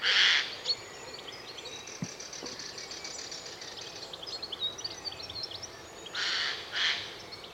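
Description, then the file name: Eurasian jay with a rough screech at the start, then two more harsh bursts near the end; faint high chirps in between. "Garrulus glandarius"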